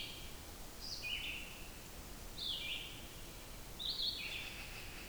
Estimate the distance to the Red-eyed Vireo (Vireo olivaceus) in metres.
about 55 m